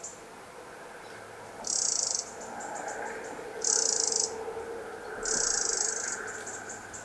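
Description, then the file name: Eurasian wren giving three harsh, very high buzzy rattles, each about half a second or a little longer, with brief gaps between them, over background noise. "Troglodytes troglodytes"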